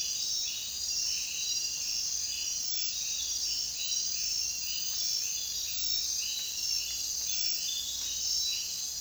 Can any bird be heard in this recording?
no